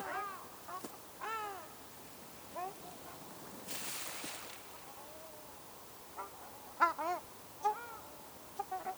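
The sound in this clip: Ruddy shelduck calls: scattered nasal honks with a brief rushing noise midway, then a quick cluster of louder honks.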